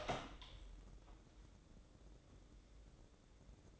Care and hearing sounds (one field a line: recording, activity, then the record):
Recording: daily activity, microphone in the room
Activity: open door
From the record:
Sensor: 3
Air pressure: 1012.3 hPa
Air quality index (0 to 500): 180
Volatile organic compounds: 3 ppm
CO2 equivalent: 1374 ppm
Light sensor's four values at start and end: 655/1632/677/703 and 653/1626/675/700